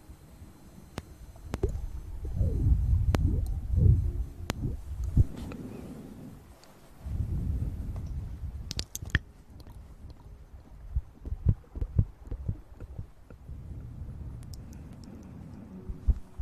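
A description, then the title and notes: Mouth sounds recorded close up: wet, squelchy low movements swell and fade in the first seven seconds, with sharp clicks and smacks around one, four and nine seconds. Afterward, softer mouth noises continue, dotted with frequent small ticks and clicks until the end. Sounds close to the mouth!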